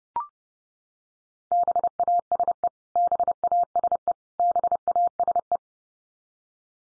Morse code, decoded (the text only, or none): BASE BASE BASE